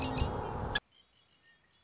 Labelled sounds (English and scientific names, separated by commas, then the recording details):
Red-winged Blackbird (Agelaius phoeniceus)
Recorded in Sonoma County, California